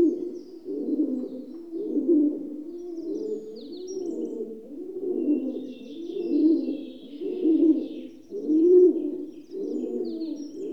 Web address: The BBC Sound Effects Library. Rock Dove (Columba Livia) Coos